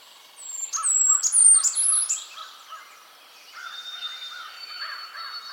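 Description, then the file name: Blackburnian Warbler calling, a run of very high, thin, sibilant notes, each a little higher, with lower warbled sounds in the background. "Setophaga fusca - Blackburnian Warbler"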